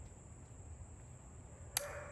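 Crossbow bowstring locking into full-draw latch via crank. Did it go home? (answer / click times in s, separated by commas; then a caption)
yes / 1.8 s. An Excalibur Rev X crossbow's string, cranked back with its integrated crank, locks into the full-draw latch with a tiny, sharp click at 1.8 s. A steady high-pitched tone and low background noise run through the clip. The string is seated and latched at full draw.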